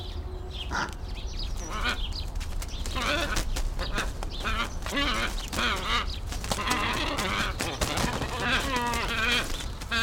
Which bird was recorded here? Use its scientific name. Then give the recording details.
Plegadis falcinellus. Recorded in captivity. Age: adult. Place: Tierpark Berlin, Berlin, DE. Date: 1994-04-08 13:01. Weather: heiter bis wolkig, ca. 8°C. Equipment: Marantz CP 430, Sennheiser ME 80, Kopie Uher Variocord 263. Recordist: Tembrock, Günter. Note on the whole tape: Agonistisch, 3 Tiere auf Nest